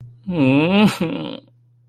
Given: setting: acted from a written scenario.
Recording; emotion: vocal sound without words; sadness